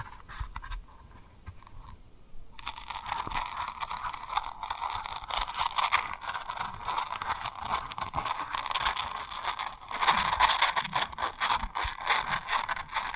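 Tapping and rubbing on rhinestones, starting quiet and sparse for about two and a half seconds, then turning into a dense, crackly scratching texture. Quick, irregular taps and rubs continue throughout, with a louder, busier stretch around ten seconds.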